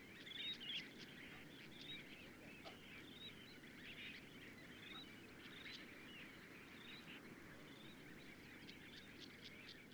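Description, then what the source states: Bird calls from a flock: many short, high chirps and squeaks scattered throughout over a low background rumble. Juvenile birds in a flock.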